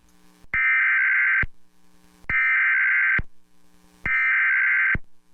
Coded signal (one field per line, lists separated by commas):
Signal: Emergency Alert System (SAME) tones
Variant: header bursts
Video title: EAS Alerts from 6/16/23